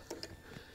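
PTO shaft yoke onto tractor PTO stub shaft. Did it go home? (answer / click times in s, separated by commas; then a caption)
yes / 0.1 s, 0.2 s. A replacement steel PTO driveline yoke with a spring-pin lock is pushed onto a tractor's splined PTO stub shaft, giving two short, sharp metallic clicks at 0.1 s and 0.2 s. The yoke seats on the shaft and fits.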